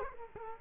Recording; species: mosquito wingbeat signal from an infrared sensor; Culex quinquefasciatus